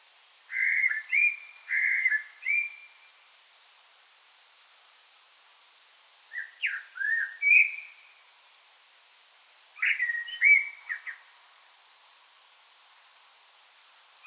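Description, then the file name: Common blackbird singing rich, flute-like warbled phrases in three bursts separated by several seconds of silence. "Turdus merula"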